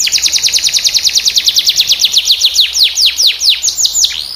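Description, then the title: Domestic canary delivering a rapid trill of downward-sweeping notes that gradually slows and spreads out toward the end. Domestic canary in vigorous singing (gacor), with its finest song phrasing (cengkok) and richest fill-in notes (isian). "Kenari Gacor Cengkok Terbaik Isian Paling Mewah"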